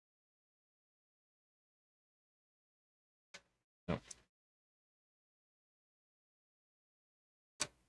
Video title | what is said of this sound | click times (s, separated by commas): Refreshing and tuning up some xbox 360's - Hardware Refresh - Snake Top Tier Projects | Not seated at all. | none